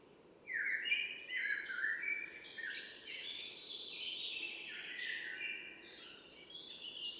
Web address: Mirlo común